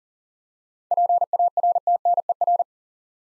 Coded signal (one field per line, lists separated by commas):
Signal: Morse code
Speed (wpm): 42 wpm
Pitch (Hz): 700 Hz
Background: none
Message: PARTNER